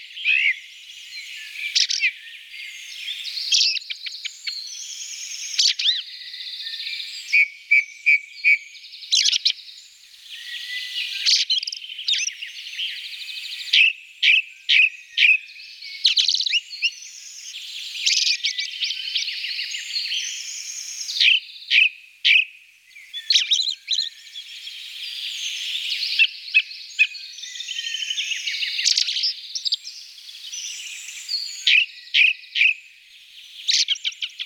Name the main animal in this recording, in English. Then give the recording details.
Ring Ouzel. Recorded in the wild. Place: Kandel /Schwarzwald; Waldkirch, Baden-Württemberg, DE. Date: 1983-06-04. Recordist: Schwarz, Dieter